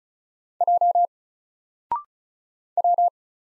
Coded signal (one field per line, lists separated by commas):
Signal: Morse code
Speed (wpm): 36 wpm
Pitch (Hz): 700 Hz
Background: none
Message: J W